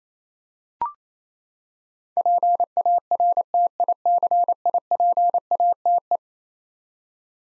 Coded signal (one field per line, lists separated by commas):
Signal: Morse code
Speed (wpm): 28 wpm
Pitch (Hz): 700 Hz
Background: none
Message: PARTICIPATE